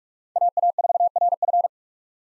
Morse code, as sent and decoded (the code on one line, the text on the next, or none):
.- .- ....- .-. ..-.
AA4RF